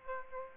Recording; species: mosquito wingbeat signal from an infrared sensor; Aedes aegypti